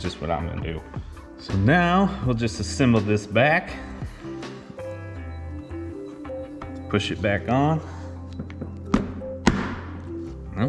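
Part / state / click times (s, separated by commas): plastic body/bumper part onto RC truck chassis / seated / 8.9 s, 9.5 s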